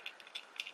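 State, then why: Not seated. A small plastic peg on a transforming toy figure is being handled and lined up with its matching hole. Light plastic ticks and rattles sound at about 0.1, 0.4 and 0.6 seconds. The peg has not been pushed home, and nothing has seated or clicked yet.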